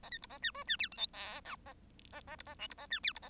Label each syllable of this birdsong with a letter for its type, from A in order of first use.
A B C A D E D F G H I J A A A C A K C A D F C A